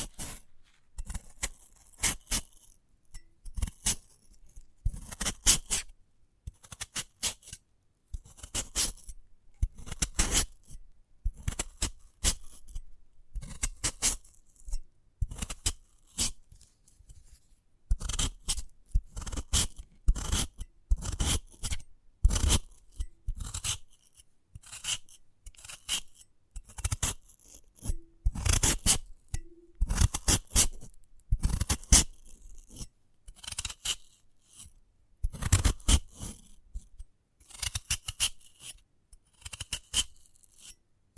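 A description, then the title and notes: Crisp scraping and snipping sounds on a sprouted coconut come in quick irregular bursts throughout, with short silences between clusters. ASMR of a Sprouted Coconut (No Talking).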